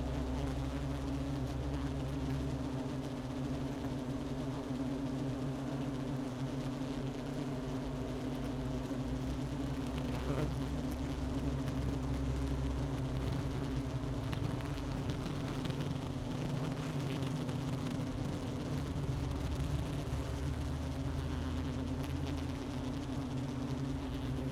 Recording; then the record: honeybee colony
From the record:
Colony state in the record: missing queen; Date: 31 May 2018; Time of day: 11:45